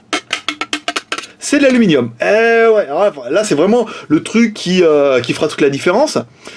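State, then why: Released. A catch is slid down and the clipped-on aluminium back cover of a Jiayu G5 smartphone is pried off the phone body. A series of sharp clicks at 0.3, 0.5, 0.7, 0.9, 1.0 and 1.1 seconds marks the clips letting go and the cover releasing, then someone talks.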